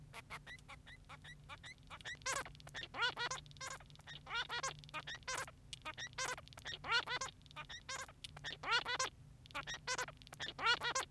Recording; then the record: song of a male Bengalese finch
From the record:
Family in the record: son of father 3